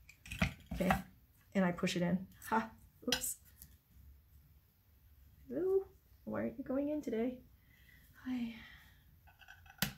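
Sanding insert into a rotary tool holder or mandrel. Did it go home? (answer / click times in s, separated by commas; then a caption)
yes / 9.8 s. A sanding insert made of sandpaper is pushed into its rotary tool holder, or mandrel, on a soft surface while a jewelry-finishing sanding tool is being prepared. Someone talks for most of the clip, and one sharp snap is heard at 9.8 s as the insert seats in the holder.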